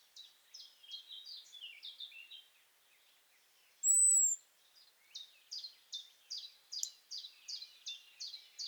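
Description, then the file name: European robin: a long, thin, high whistled note midway, among many fast repeated short notes before and after. "Erithacus rubecula"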